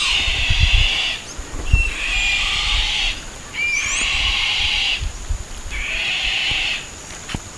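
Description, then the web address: Bird harsh call: loud, raspy, screeching bursts, each about a second long, repeated roughly every two seconds, with low rumbling noise between them. "BIRD 2015 SABIOD 50 bird 2015"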